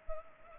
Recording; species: mosquito wingbeat signal from an infrared sensor; Culex pipiens